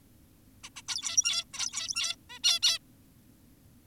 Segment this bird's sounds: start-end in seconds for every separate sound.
0.64-0.70, 0.76-0.82, 0.88-1.45, 1.54-2.16, 2.30-2.39, 2.44-2.60, 2.63-2.79